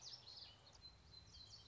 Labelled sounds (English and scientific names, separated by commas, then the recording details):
Common Yellowthroat (Geothlypis trichas)
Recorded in Sonoma County, California